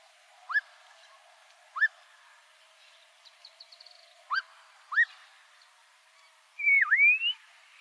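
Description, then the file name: Black-crowned monjita song: four brief upslurred notes with a faint quick chatter between them, ending in a loud V-shaped dipping whistle. "Canto da noivinha coroada"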